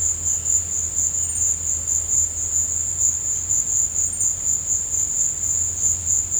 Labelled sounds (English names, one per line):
none